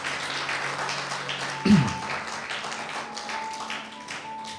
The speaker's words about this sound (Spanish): quiero que tengan una cara que no sea de terror, hermanos, sino una cara alegre. Denle un aplauso al Señor entonces por eso, hermanos.